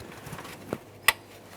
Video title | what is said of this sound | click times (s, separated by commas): How to Replace Radiator 2007-2017 Ford Expedition 5.4L V8 | It should click in | 1.1 s